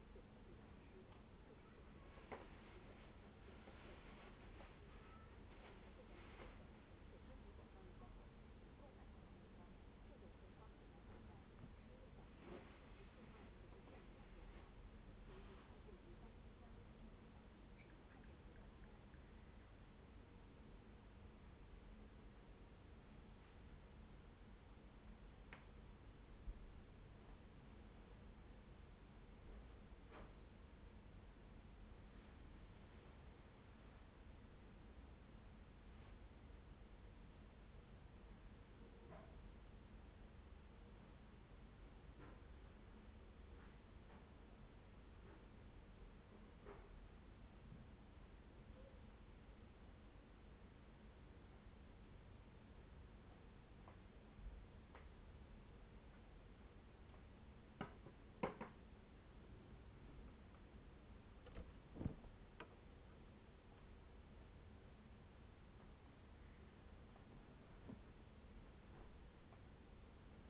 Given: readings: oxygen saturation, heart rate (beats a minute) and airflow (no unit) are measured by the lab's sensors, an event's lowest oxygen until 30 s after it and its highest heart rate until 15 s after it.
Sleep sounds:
a person awake in a sleep study, by a voice recorder at the bedside; none
0.00-70.50 s: awake
From the record:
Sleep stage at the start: awake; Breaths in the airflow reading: 27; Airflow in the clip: -0.7 to 0.7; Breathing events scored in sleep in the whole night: 131 in 7.2 hours asleep

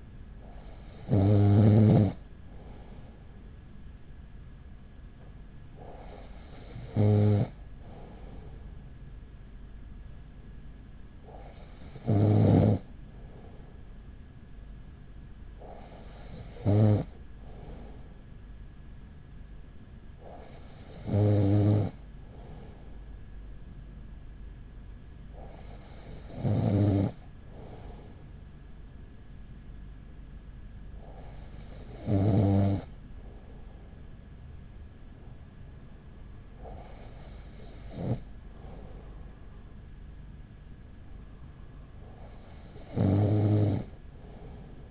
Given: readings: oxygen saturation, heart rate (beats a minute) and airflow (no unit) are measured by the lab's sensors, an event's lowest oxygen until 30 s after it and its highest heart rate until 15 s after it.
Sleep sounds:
breathing in sleep by a smartphone at the bedside; none
none scored
From the record:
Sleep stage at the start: N2 (light sleep); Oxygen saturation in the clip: 95%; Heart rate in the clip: 38 to 41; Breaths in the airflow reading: 9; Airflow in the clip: -5.3 to 5.0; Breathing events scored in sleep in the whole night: 207 in 7.6 hours asleep

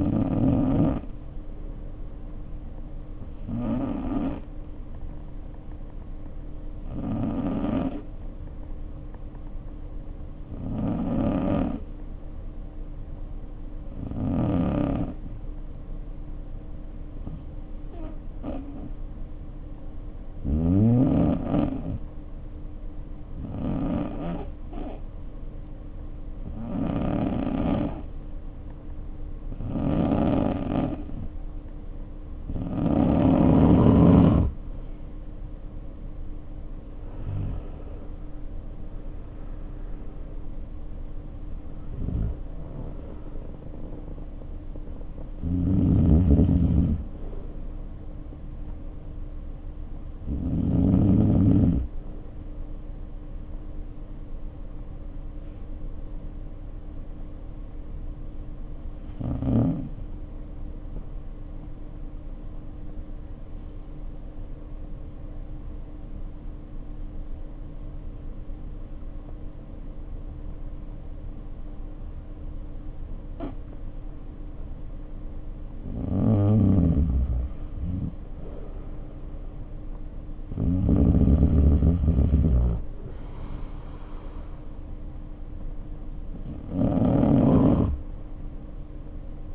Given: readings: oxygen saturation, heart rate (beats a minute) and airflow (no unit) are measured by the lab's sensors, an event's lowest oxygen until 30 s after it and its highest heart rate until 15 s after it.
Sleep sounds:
breathing in sleep by a smartphone at the bedside; 2
11.00-35.90 s: hypopnea (N2, oxygen 94% highest, then 88% lowest, heart rate 51 at the start, 62 highest)
44.00-74.00 s: new sleep stage, N1 (lightest sleep)
59.00-79.90 s: hypopnea (N1, oxygen 96% highest, then 86% lowest, heart rate 49 at the start, 61 highest)
74.00-89.55 s: new sleep stage, N2 (light sleep)
From the record:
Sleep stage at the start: N2 (light sleep); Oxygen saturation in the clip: 85 to 96%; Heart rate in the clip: 47 to 62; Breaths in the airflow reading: 22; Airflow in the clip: -4.7 to 4.7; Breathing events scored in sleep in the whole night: 520 in 7.2 hours asleep

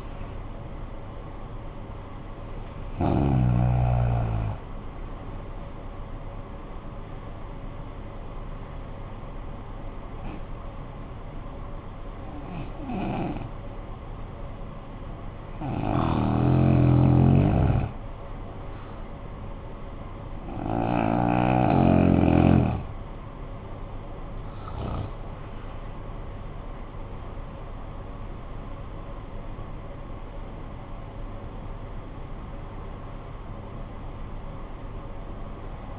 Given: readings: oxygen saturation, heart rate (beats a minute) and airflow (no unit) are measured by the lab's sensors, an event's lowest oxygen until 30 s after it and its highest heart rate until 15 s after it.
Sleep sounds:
breathing in sleep by a smartphone at the bedside; 1
7.00-24.90 s: hypopnea (REM, oxygen 94% highest, then 91% lowest, heart rate 48 at the start, 76 highest)
From the record:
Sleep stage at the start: REM sleep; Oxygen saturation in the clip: 82 to 94%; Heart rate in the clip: 45 to 76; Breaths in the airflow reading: 7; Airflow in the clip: -13.0 to 15.8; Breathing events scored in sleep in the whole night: 445 in 7.6 hours asleep

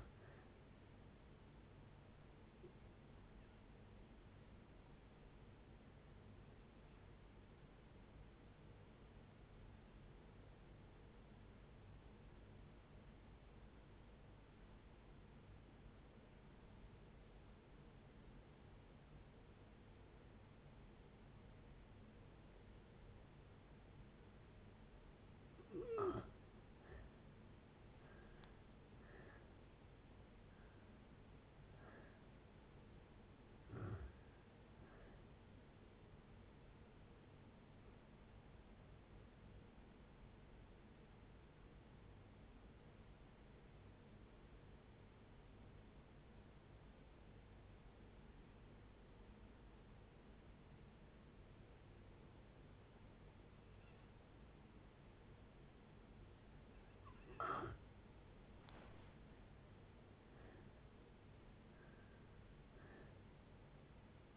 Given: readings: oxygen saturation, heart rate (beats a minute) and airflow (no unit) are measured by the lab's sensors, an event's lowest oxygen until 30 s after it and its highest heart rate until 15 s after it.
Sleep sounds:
breathing in sleep by a voice recorder at the bedside; 2
3.00-27.10 s: hypopnea (N2, oxygen 95% highest, then 78% lowest, heart rate 70 at the start, 73 highest)
24.00-64.37 s: new sleep stage, N1 (lightest sleep)
37.00-57.70 s: hypopnea (N1, oxygen 95% highest, then 85% lowest, heart rate 72 at the start, 72 highest)
From the record:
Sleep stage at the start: N2 (light sleep); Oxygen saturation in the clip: 78 to 95%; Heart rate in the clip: 55 to 73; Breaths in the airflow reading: 14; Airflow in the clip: -6.4 to 7.9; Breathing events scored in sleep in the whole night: 496 in 5.4 hours asleep

